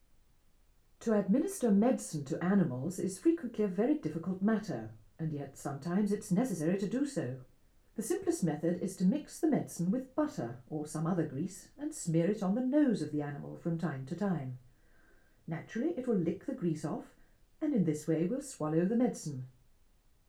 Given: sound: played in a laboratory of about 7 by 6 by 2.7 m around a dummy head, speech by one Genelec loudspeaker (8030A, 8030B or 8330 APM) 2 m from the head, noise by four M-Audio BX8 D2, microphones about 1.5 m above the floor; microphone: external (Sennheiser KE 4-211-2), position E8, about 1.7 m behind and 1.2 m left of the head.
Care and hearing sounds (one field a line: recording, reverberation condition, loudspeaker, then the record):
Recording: female speech in English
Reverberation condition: low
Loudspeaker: behind (180 degrees)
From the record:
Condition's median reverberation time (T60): about 310 ms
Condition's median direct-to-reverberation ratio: about 3.5 dB